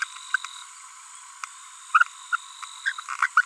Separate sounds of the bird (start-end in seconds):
0.01-0.04, 0.34-0.36, 1.95-2.07, 2.33-2.36, 2.86-2.92, 3.37-3.44